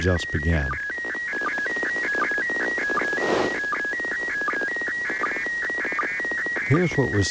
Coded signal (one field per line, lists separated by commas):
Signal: SSTV (slow-scan television)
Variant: PD 180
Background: speech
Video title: Ham Nation 178: Happy 2015!